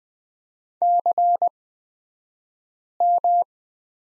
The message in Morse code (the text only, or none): CM